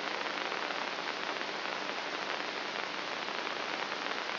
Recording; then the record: brain microelectrode recording played as sound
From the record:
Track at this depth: outside the subthalamic nucleus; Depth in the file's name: 6.24 mm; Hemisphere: right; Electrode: 3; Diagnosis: Parkinson's disease